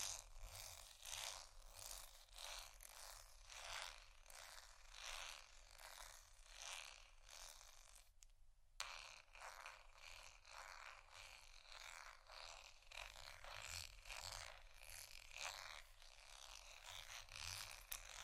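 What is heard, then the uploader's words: Soft tapping and scratching on cardboard, a quick, busy run of light strokes packed close together with a bright, crisp edge. The rhythm stays fairly even, with a brief pause just before the nine-second mark, then resumes at the same pace. ASMR Sleep Session Soft, Tapping, Cardboard, Massage, Scratching, Silicone, Etc. (No Talking).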